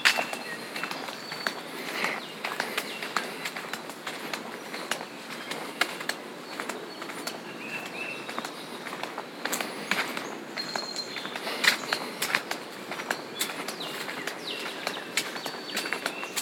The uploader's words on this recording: Discover the gentle tranquility of Rogue River Trail in Belmont, Michigan.